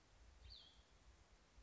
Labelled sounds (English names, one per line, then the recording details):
Cassin's Vireo
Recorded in Sonoma County, California